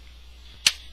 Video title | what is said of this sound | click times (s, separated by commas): Star Wars LEGO Executor Class Star Destroyer 10221 real time build Video 3 | there it goes hey there you go snap right in | 0.7 s